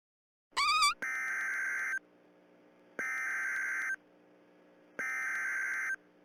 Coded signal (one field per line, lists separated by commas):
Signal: Emergency Alert System (SAME) tones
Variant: header bursts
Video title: Faro Channel EAS Mock Severe Thunderstorm Warning